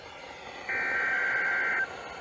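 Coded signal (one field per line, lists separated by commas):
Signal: Emergency Alert System (SAME) tones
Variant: header bursts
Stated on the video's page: Weekly test alert tones received from three weather radio stations.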